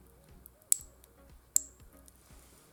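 Two crimped pin terminals are pushed into a plastic sensor connector housing while building the wiring loom for a LINK G4+ ECU on a 3RZ Turbo engine. Over background music, two sharp, loud clicks ring out at 0.7 s and 1.6 s. Both terminals are confirmed seated in the housing.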